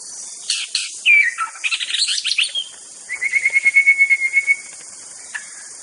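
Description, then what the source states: White-rumped shama song: harsh rapid notes, then a long level whistle under a fast pulsed trill, a final short note, with insects buzzing throughout. Wild bird from the forest.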